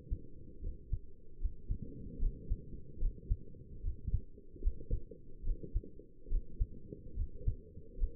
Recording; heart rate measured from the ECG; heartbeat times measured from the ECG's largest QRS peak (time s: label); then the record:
heart sounds by stethoscope; 73 bpm
0.62 s: heartbeat
1.40 s: heartbeat
2.20 s: heartbeat
3.00 s: heartbeat
3.83 s: heartbeat
4.62 s: heartbeat
5.45 s: heartbeat
6.30 s: heartbeat
7.17 s: heartbeat
7.99 s: heartbeat
From the record:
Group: healthy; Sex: male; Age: 22 years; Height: 181 cm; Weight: 79 kg